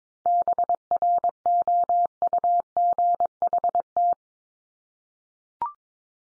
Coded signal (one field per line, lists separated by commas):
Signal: Morse code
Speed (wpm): 22 wpm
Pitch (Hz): 700 Hz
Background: none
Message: BROUGHT